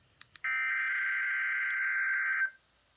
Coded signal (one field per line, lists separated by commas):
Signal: Emergency Alert System (SAME) tones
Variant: header bursts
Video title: (Old Video-February 8th, 2023) Required Weekly Test!!!